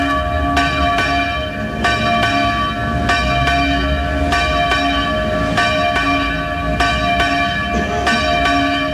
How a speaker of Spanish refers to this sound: Dos campanas de la parroquia del Pilar en Madrid.